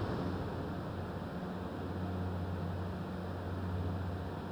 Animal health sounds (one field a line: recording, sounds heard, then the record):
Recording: poultry house recording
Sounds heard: no chicken sound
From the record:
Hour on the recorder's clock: 22